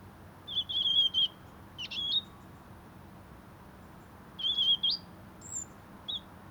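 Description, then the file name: European robin with thin, high, wavering whistled phrases and short notes in two groups separated by a quiet gap. "Erithacus rubecula"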